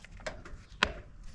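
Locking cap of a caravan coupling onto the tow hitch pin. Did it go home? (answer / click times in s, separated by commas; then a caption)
yes / 0.8 s. The locking cap of a Cruisemaster DO35 off-road caravan coupling, checked and found not cracked, is pushed down onto the tow hitch pin. A few soft knocks and handling sounds lead up to one sharp, loud click at 0.8 s. The cap latches and is locked in properly on the pin.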